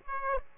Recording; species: mosquito wingbeat signal from an infrared sensor; Aedes aegypti